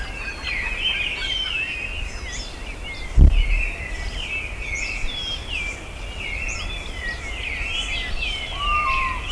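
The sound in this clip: Birds calling in a thick chorus of high chirps and warbles, a single dull thump partway through, and a clear whistled note late on.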